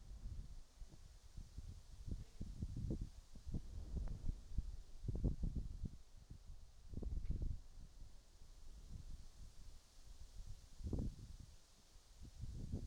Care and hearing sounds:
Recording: everyday scene through a hearing-aid microphone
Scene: wind on the microphone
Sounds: wind, whistling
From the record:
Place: in front of a rural house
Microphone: in the ear canal, right

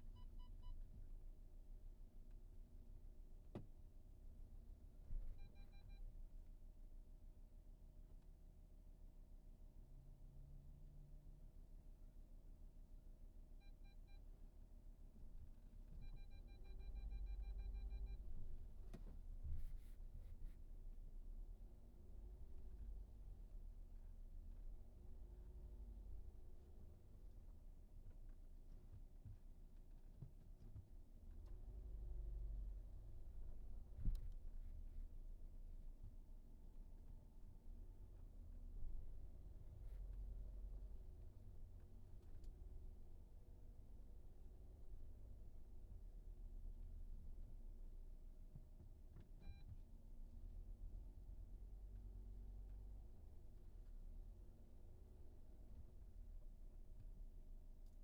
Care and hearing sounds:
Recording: everyday scene through a hearing-aid microphone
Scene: in a vehicle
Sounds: engine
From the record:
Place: VW T5 Caravelle, diesel engine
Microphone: behind the ear, right, rear

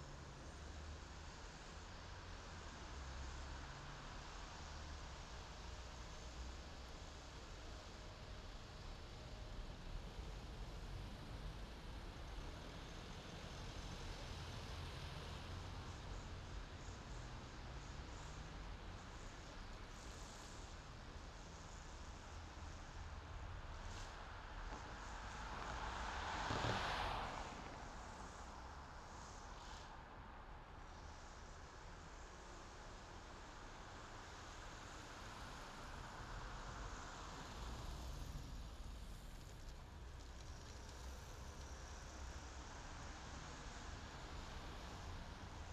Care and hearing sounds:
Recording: everyday scene through a hearing-aid microphone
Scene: in traffic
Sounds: traffic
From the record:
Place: main city hub, rush hour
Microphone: in the ear canal, left

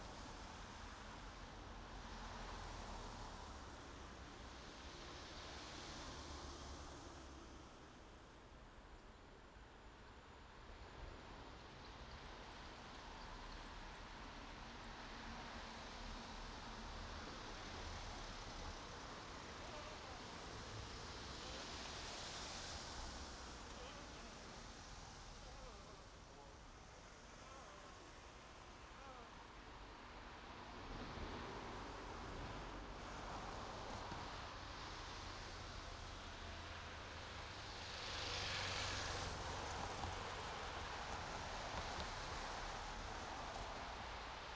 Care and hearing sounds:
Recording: everyday scene through a hearing-aid microphone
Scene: in traffic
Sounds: traffic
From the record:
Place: main road on the outskirts, rush hour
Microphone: in the ear canal, right

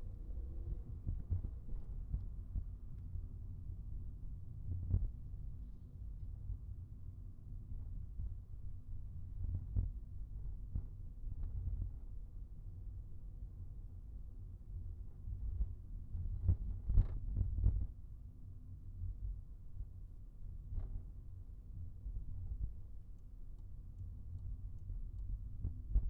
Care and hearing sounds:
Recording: everyday scene through a hearing-aid microphone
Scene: in a vehicle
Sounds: engine, highway traffic jam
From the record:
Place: Skoda Fabia, gasoline engine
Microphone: behind the ear, right, front

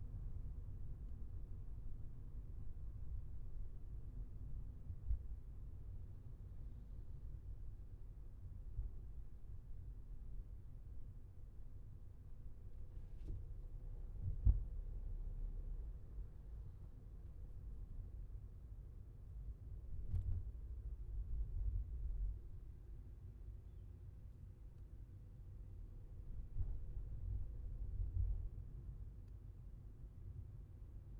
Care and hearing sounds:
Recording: everyday scene through a hearing-aid microphone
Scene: in a vehicle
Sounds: engine, traffic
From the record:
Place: Skoda Fabia, gasoline engine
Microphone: behind the ear, left, rear

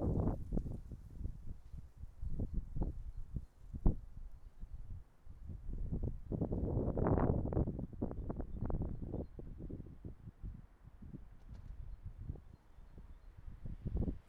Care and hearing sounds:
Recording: everyday scene through a hearing-aid microphone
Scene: wind on the microphone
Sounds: wind, traffic, birds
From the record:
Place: suburban garden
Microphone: behind the ear, right, front

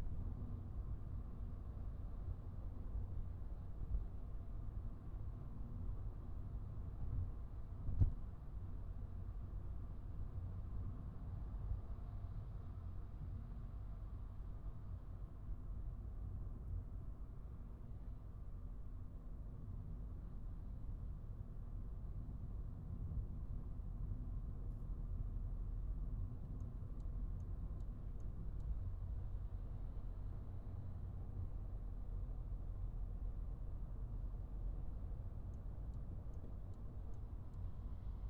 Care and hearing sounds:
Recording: everyday scene through a hearing-aid microphone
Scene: in a vehicle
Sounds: engine, traffic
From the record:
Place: Skoda Fabia, gasoline engine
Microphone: behind the ear, right, rear

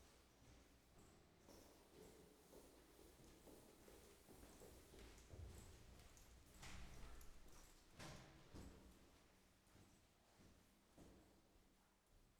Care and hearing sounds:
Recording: everyday scene through a hearing-aid microphone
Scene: reverberant space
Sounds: background noise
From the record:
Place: staircase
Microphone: behind the ear, right, front

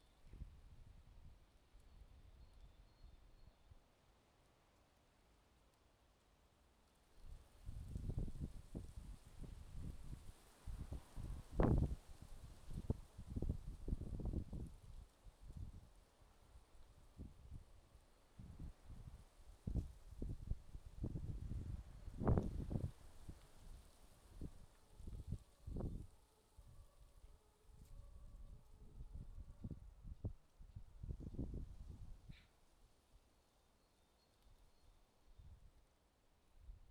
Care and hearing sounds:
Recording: everyday scene through a hearing-aid microphone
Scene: wind on the microphone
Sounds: wind, traffic, siren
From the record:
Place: suburban garden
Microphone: in the ear canal, left

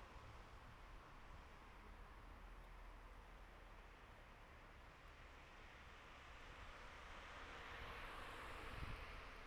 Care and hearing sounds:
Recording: everyday scene through a hearing-aid microphone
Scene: in traffic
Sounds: traffic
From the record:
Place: bus stop on a city main road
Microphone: behind the ear, right, rear

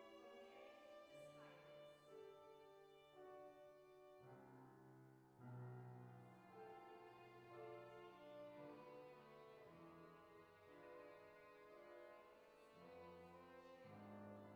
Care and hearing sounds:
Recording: everyday scene through a hearing-aid microphone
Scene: reverberant space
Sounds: music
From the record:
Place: church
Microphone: behind the ear, left, front

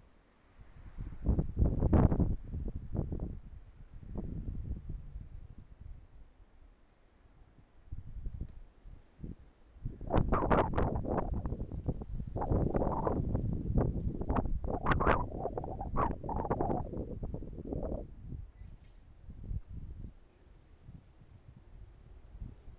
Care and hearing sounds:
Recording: everyday scene through a hearing-aid microphone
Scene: wind on the microphone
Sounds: wind, traffic, birds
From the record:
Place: suburban garden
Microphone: behind the ear, right, rear

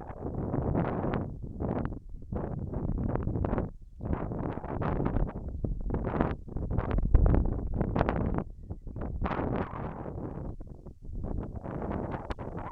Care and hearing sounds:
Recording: everyday scene through a hearing-aid microphone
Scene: wind on the microphone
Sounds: wind, whistling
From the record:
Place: in front of a rural house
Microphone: behind the ear, left, rear

